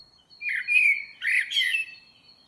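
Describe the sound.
Bird giving a scratchy two-part chirping call against a steady thin whistle.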